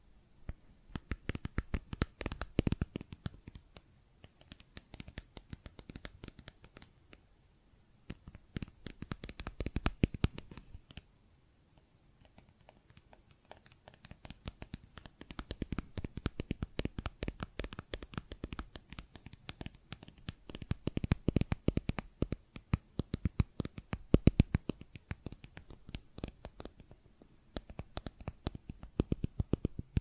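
Plastic objects are tapped and scratched in dense, irregular bursts of sharp clicks, with brief quieter pauses near eleven seconds and twenty-seven seconds.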